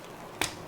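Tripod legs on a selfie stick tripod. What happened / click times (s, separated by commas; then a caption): The tripod legs snapped open / 0.4 s. The folding tripod legs at the base of a UBEESIZE MagSafe selfie stick tripod, which has little rubber pads, are opened by hand. A single sharp snap sounds at 0.4 s over a quiet background, and the legs release and open.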